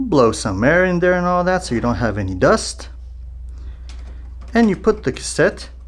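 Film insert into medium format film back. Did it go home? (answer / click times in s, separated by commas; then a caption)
no / none. Someone talks while handling the loaded film insert, or cassette, of a Mamiya 645 medium format film camera, getting it ready to go back into its film back (magazine housing) after clearing dust from it. Faint handling sounds come during a quieter stretch in the middle before the talking resumes. The insert has not clicked or seated in the film back yet.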